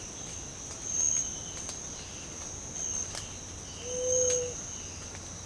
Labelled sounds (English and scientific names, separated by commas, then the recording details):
Gray-fronted Dove (Leptotila rufaxilla)
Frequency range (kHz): Gray-fronted Dove (Leptotila rufaxilla) 0.3-1.1 kHz
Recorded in secondary vegetation near Puerto Asís, Putumayo, Colombia, on 22 December 2024 at 06:00
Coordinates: 0.499, -76.323
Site G010